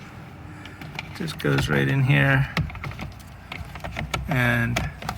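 A plastic tachometer bezel on a 9th-generation Honda Civic (2012–2015), held only by clips with no fasteners, is handled and pushed toward the instrument panel in the dash, making light tapping and ticking sounds while someone talks. Nothing has seated or clicked into place yet.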